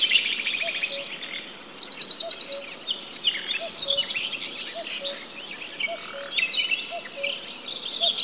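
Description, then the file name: Cuckoo giving its low two-note call repeatedly, over a constant high cricket chorus and busy chirping songbirds. In a forest. "les ptici kukushki sverchki zhuzhzhanie muhi"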